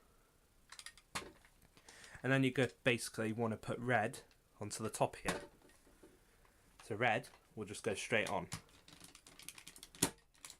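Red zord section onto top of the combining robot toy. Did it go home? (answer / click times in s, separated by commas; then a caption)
yes / 10.0 s. Someone talks while pushing the red zord piece straight down onto the top of a plastic Power Rangers Lost Galaxy Deluxe Galaxy Megazord combining robot toy, with light plastic handling clicks along the way. A sharp click at 10.0 s marks the red section seating firmly in place.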